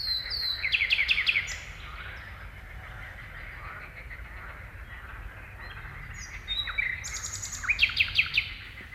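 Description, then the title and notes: Thrush nightingale song of bright, rattling clicks and chattering high notes in two bursts, separated by a quieter stretch with faint background calls. "Etelänsatakieli. Risto Nevanlinna"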